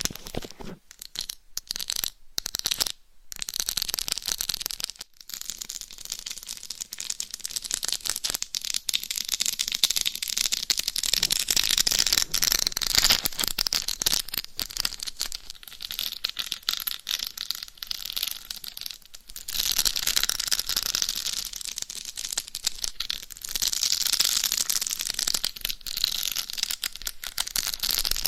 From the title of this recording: Binaural Dummy Head Mic Scratching , Massage & Tapping